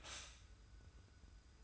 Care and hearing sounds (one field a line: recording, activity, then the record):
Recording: daily activity, microphone in the room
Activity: stop toaster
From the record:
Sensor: 2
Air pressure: 990.6 hPa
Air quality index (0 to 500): 163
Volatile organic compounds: 815 ppm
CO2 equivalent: 5142 ppm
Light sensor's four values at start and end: 25/60/24/24 and 25/60/24/24